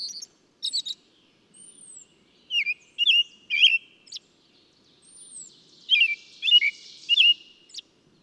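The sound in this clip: Bird chirping in scattered short notes and slurred twitters, two thin arching whistles, and a buzzy rustling passage near the end.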